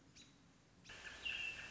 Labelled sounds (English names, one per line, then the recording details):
American Robin
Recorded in Sonoma County, California